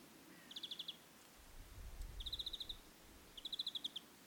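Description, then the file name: European greenfinch trilled calls, three quick rattling bursts of evenly spaced notes, with a low rumbling noise underneath in the middle. "Chloris chloris"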